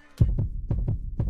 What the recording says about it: Heartbeat when we asked her if she will be able to maintain her standard of living when she retires.